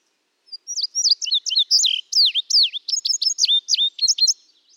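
Indigo bunting singing a quick run of high, sweet chirped notes in pairs, steady and loud for nearly four seconds, with sharp down-slurred elements.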